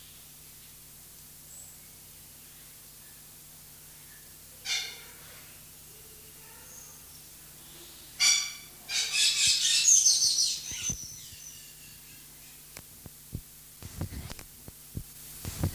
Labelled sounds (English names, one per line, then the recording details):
Black-winged Starling song
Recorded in captivity
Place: Zoo Berlin, Berlin, DE
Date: 2003-09-15 17:01
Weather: fair, 21°C
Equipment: Fair Mate ST-1328 (Asahi Electronics, Japan), Sennheiser ME 80, Kopie Uher 4000 Report Monitor
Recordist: Tembrock, Günter